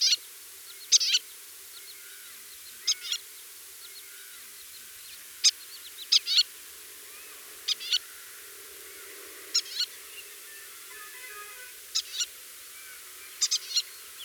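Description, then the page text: White-tailed lapwing flight calls: sharp, high, clipped notes in short pairs and bursts every one to three seconds over a faint low hum. "White-Tailed Lapwing Flight Calls. Quick Sounds"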